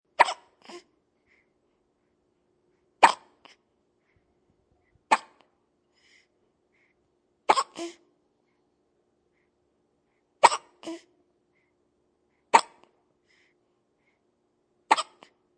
Baby Hiccuping.